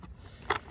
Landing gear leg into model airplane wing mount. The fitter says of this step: and then they just snap back into place